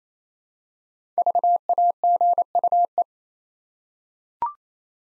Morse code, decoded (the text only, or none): VAGUE